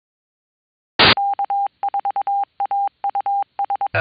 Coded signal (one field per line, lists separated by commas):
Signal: Morse code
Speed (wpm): 22 wpm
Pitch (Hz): 800 Hz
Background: none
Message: K4AUS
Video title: Lake County Florida Amateur Radio Association Info Net 2025 10 15 191944